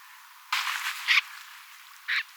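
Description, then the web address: Snipe calls: a long rasping buzzy burst, then two short harsh scraping notes about a second apart, over a faint steady hiss. Compilation from 5 October 2024, many snipes calling, with some pin-tailed snipes thought to be among the flock. "paivat 5 10 2024 kurppia paljon siella on joukossa tietaakseni joitakin suippopyrstokurppalintuja kooste"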